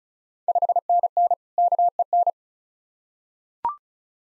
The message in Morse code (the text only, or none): 5NN KEN